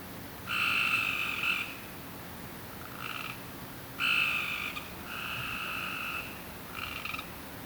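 Frog croaking in a series of buzzy calls, long and short, with short pauses between them, against a soft hiss.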